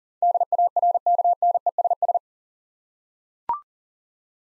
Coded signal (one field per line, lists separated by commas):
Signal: Morse code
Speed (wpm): 40 wpm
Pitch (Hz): 700 Hz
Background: none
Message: DARKNESS